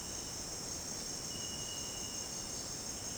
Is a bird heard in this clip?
no